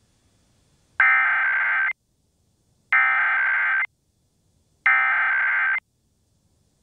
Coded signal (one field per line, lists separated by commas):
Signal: Emergency Alert System (SAME) tones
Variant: header bursts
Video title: July 2021 Oklahoma Required Monthly Test (Subchannel Showcase Part 3) | 7/6/21 | EAS 336-339